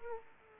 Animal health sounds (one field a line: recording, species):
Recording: mosquito wingbeat signal from an infrared sensor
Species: Aedes aegypti